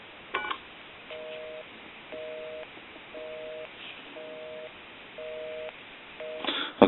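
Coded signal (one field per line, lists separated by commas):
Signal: telephone call progress tone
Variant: North America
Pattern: busy tone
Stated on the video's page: Decorative wooden wall telephone undergoing initial checkout and repair.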